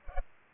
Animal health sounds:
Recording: mosquito wingbeat signal from an infrared sensor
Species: Culex pipiens

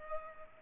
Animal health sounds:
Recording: mosquito wingbeat signal from an infrared sensor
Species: Culex pipiens

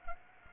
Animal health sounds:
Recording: mosquito wingbeat signal from an infrared sensor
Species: Aedes aegypti

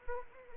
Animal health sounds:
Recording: mosquito wingbeat signal from an infrared sensor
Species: Anopheles arabiensis

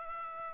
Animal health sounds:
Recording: mosquito wingbeat signal from an infrared sensor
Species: Aedes aegypti

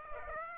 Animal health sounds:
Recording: mosquito wingbeat signal from an infrared sensor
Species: Aedes aegypti

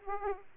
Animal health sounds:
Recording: mosquito wingbeat signal from an infrared sensor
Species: Aedes aegypti

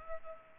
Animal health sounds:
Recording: mosquito wingbeat signal from an infrared sensor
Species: Culex pipiens

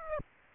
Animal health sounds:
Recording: mosquito wingbeat signal from an infrared sensor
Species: Aedes aegypti

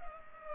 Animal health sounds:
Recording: mosquito wingbeat signal from an infrared sensor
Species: Culex pipiens

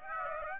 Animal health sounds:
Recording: mosquito wingbeat signal from an infrared sensor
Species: Aedes aegypti

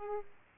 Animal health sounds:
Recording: mosquito wingbeat signal from an infrared sensor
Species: Aedes aegypti

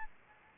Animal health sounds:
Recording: mosquito wingbeat signal from an infrared sensor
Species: Anopheles gambiae

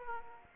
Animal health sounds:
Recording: mosquito wingbeat signal from an infrared sensor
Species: Aedes aegypti

